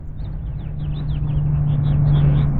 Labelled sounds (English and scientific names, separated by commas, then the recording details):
House Finch (Haemorhous mexicanus) song
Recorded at WGilgo Beach on Long Island, New York, on 22 May 1975
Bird F